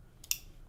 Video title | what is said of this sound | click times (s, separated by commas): Chris Reeve Micarta Inlayed Small Inkosi and Large Sebenza 21 w/ Tanto Plus Spyderco SpydieChef! | This one locks into place. The others are slip joints. So listen to this. | 0.3 s